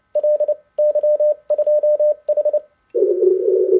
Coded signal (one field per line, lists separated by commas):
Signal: Morse code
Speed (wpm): 29 wpm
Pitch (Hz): 600 Hz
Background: none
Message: LY2H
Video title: ICOM IC-705 in the HF contest: excellent receiver, 10W into EFHW antenna, but QSK impossible.